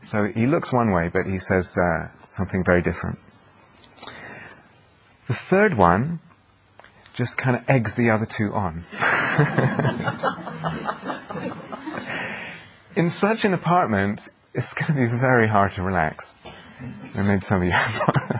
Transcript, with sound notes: So he looks one way, but he says something very different. The third one just kind of eggs the other two on. [laughter] In such an apartment, it's going to be very hard to relax. And maybe some of you have one.